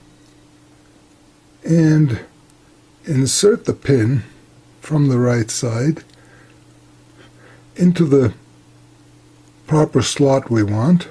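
During a Bally Eight Ball pinball machine repair, a crimped pin is lined up and inserted from the right side into a plastic connector housing while someone talks over a steady low hum. The pin has not been pushed home and has not clicked into place yet.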